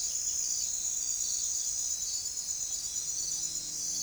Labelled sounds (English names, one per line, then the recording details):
none
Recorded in forest near Pivijay, Magdalena, Colombia, on 5 June 2023 at 00:00
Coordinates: 10.467, -74.380
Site Z5-G034